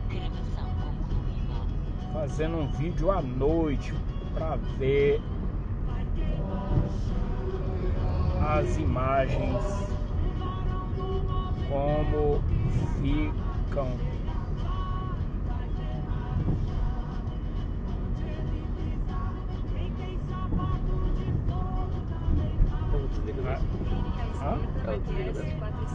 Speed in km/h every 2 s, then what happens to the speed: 26, 26, 26, 26, 26, 26, 26, 26, 26, 28, 28, 29, 27.
0-26 steady at about 26.